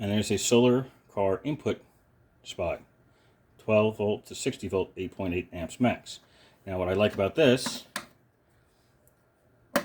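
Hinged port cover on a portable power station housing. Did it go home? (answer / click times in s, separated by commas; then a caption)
yes / 9.8 s. Someone talks while flipping up the hinged cover over the solar/car input port (12 to 60 volt, 8.8 amps max) on an Allpowers R600 portable power station's housing. At 9.8 s the cover gives a sharp click as it snaps into a detent that holds it open, so it stays up even when the unit is on its side.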